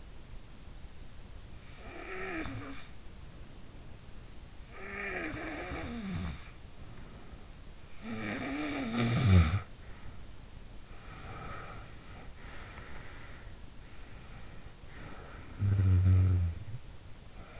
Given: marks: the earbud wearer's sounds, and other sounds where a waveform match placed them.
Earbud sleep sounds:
sounds in sleep by an in-ear microphone; snoring breath, breath
0.99-3.27 s: snoring breath
4.30-6.93 s: snoring breath
7.67-10.24 s: snoring breath
10.93-13.05 s: breath
14.70-17.22 s: snoring breath

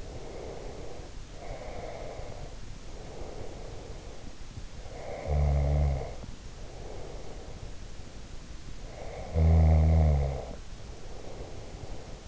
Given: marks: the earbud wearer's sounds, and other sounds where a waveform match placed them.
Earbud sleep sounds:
sounds in sleep by an in-ear microphone; breath, snoring breath
0.00-2.56 s: breath
2.91-4.36 s: breath
4.71-7.82 s: snoring breath
8.74-12.28 s: snoring breath

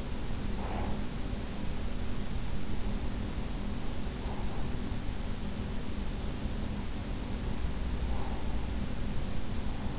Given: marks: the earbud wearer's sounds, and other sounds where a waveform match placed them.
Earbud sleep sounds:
sounds in sleep by an in-ear microphone; breath
0.00-1.26 s: breath

